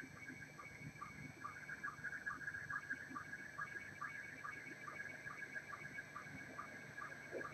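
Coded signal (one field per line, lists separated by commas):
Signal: SSTV (slow-scan television)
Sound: warbling, scratchy tone sliding around mid-pitch, with steady rhythmic lower blips, under noise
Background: radio static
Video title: Video audio RX 14.230.00 SSTV USB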